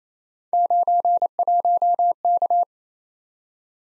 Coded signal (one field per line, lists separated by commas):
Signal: Morse code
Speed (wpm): 29 wpm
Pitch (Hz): 700 Hz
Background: none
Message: 91K